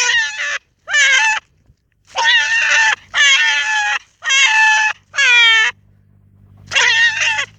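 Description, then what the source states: Hare giving harsh, squealing screams, seven bursts in uneven rhythm, over a low background hum. In the UK.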